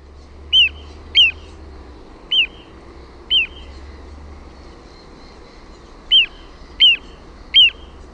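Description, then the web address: Little ringed plover giving seven crisp down-slurred whistles, with a pause midway, over a low rumble. "OMAT AANITYKSET PIKKUTYLLI"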